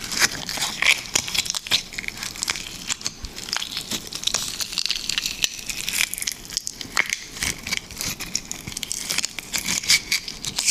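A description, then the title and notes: Liquid slime squelches and crackles in a dense, continuous run of small wet pops and crinkly snaps, bright and hissy throughout. The clicks come rapidly and irregularly, with sharper bursts around two, five, seven and ten seconds. Nothing else is audible. Liquid Slime ASMR.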